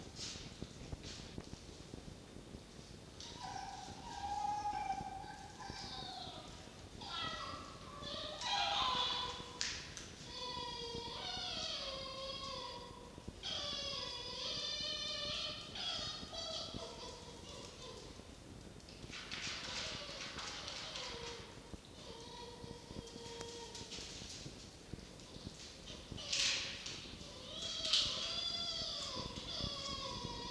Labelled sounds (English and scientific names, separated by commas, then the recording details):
Red Fox (Vulpes vulpes)
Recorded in captivity
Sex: male
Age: juvenile
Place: Zoologisches Institut der HUB, Berlin, DE
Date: 1952-12-03 19:00
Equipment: Elmetra
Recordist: Tembrock, Günter